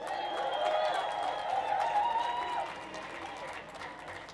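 Steady audience applause at a demonstration against racism and fascism, a dense wash of many hands clapping at a fairly even level, with some cheering tones mixed in early before the clapping thins slightly toward the end.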